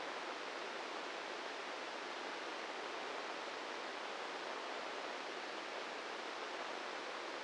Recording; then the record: brain microelectrode recording played as sound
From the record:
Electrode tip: inside the subthalamic nucleus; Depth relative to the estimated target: -4 mm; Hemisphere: left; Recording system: NeuroSet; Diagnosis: Parkinson's disease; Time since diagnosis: 8 years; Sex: male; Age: 46 years